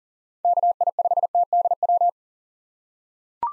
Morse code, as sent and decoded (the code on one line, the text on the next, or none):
-.- .. ..... - -.. .--
KI5TDW